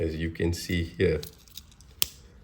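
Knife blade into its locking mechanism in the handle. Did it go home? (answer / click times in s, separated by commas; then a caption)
yes / 2.0 s. Someone talks while opening the main blade of a Victorinox 85 mm Swiss Army knife, an S18 model with a locking blade. After a few faint ticks, one sharp metal snap at 2.0 s marks the liner lock engaging. The blade is seated and locked in place in the handle.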